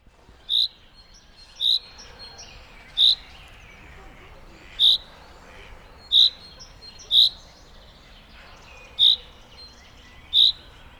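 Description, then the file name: Common chaffinch calls: eight sharp, high single notes repeated irregularly about every one to two seconds over a quiet background. "Fringilla coelebs"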